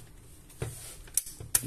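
While the carriage mechanism of an LX-300/FX-series dot-matrix printer is being reassembled, a mechanism part is pressed into its latch over a small locating pin. After faint handling noise and a sharp tick at about 1.2 s, a loud, sharp snap at 1.6 s marks the part seating firmly onto the pin.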